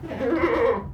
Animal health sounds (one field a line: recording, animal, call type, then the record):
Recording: contact call of a hoofed animal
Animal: goat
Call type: low-frequency (closed-mouth) or high-frequency (open-mouth) call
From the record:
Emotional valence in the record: negative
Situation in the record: food frustration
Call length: 0.94 s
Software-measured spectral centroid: 1240 Hz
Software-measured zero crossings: 1150 a second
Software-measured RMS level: -23 dBFS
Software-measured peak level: -11 dBFS